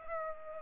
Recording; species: mosquito wingbeat signal from an infrared sensor; Culex pipiens